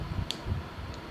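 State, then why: Seated. A plastic layer of a Screw Trident spinning top is set back into its slot on the driver base and twisted until it locks. A sharp click sounds at 0.3 s over a low, steady background rumble, and the part is seated and locked in place.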